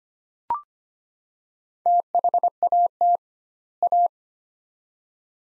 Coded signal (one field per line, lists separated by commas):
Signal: Morse code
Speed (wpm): 25 wpm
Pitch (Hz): 700 Hz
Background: none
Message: THAT A